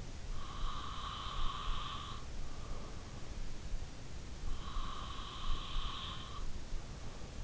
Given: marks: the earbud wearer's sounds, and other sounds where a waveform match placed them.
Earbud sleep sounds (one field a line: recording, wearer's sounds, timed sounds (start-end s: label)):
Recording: sounds in sleep by an in-ear microphone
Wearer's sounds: breath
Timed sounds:
0.00-2.91 s: breath
4.17-6.80 s: breath